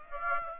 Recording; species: mosquito wingbeat signal from an infrared sensor; Aedes aegypti